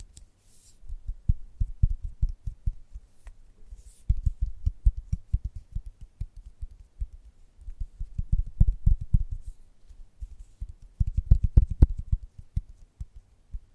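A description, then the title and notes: Gentle tapping comes in quick soft bursts, mostly low and muffled, with clusters around one to two seconds, four to five, eight to nine, and eleven to twelve. Each cluster is a rapid run of light taps, with brief quiet gaps between. A few sharper clicks stand out. ASMR Gentle Tapping Tickles Your Brain (No Talking).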